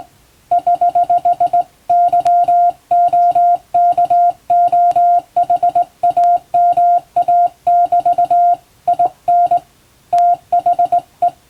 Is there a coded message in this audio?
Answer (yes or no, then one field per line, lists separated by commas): yes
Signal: Morse code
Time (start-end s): 0.5-11.3 s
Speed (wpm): 19 wpm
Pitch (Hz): 700 Hz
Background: music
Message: <HH>YOKOHAMA<BT> IN THE